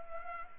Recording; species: mosquito wingbeat signal from an infrared sensor; Culex pipiens